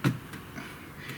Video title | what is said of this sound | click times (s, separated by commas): NEW 2023 How to Repair a DEAD Laptop Computer for $50 | you can hear it popping undone as I go around | 0.0 s